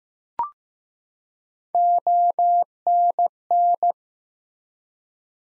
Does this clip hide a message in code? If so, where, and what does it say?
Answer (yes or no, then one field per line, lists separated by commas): yes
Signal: Morse code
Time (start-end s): 1.7-3.9 s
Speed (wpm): 15 wpm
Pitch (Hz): 700 Hz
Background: none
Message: ONN